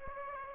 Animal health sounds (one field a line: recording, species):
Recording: mosquito wingbeat signal from an infrared sensor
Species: Aedes aegypti